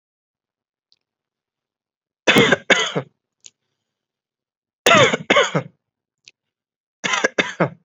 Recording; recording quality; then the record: heavy voluntary cough; excellent, no background noise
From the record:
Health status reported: exposed to COVID-19, no respiratory illness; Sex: male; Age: 26 years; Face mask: not worn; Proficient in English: yes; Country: India